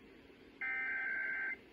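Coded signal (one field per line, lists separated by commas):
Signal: Emergency Alert System (SAME) tones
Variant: header bursts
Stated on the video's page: EAS test on AIR1, with relays.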